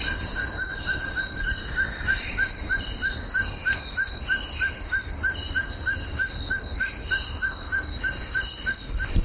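Amphibian calling with short, clipped notes repeated about three times a second in a long even series, over a steady high insect buzz and a low background rumble.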